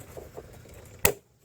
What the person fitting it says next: latched on there all the way you can hear it click